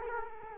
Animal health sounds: mosquito wingbeat signal from an infrared sensor; Culex quinquefasciatus

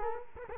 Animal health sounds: mosquito wingbeat signal from an infrared sensor; Culex quinquefasciatus

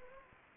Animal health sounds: mosquito wingbeat signal from an infrared sensor; Anopheles gambiae

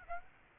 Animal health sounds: mosquito wingbeat signal from an infrared sensor; Aedes aegypti

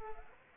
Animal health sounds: mosquito wingbeat signal from an infrared sensor; Culex pipiens

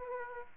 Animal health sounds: mosquito wingbeat signal from an infrared sensor; Aedes aegypti

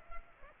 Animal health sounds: mosquito wingbeat signal from an infrared sensor; Culex pipiens

